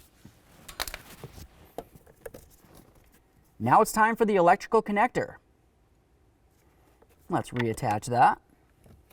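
A plastic wiring harness electrical connector is handled while being reattached to the HVAC heater blower motor of a 2005-2010 Chevrolet Cobalt, producing a cluster of small sharp ticks and rattles around 0.7–2.3 s. Someone talks in two bursts in between. The connector is not yet pushed home, so nothing has seated or clicked yet.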